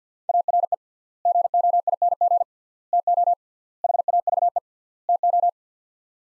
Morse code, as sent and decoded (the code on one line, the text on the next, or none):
.- .-. . / --. --- .. -. --. / - --- / .... .- ...- . / - ---
ARE GOING TO HAVE TO